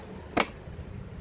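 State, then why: Seated. The locking pin of a SHAD SH36 side case mount is pushed down into place on the rack of an ADV-350. A single sharp, bright click is heard at 0.4 s over a low, steady background hum. The pin snaps home and the mount is seated.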